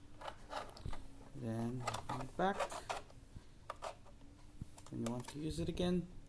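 A 3D-printed plastic rear light clip is being handled as it is refitted onto the rear housing of a Kingsong S18 electric unicycle, with small handling clicks and taps while someone talks. Nothing has seated or clicked yet.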